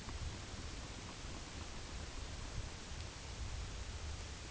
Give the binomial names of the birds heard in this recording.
none